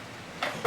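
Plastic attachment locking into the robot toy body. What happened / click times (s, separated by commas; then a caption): The plastic part snapped into place / 0.4 s. A plastic attachment on a Transformers Generations Metroplex robot toy gets a firm push and locks into the toy's body with a short click at 0.4 s. A louder, broader burst of sound follows near the end of the clip. The attachment is seated and stays locked in place.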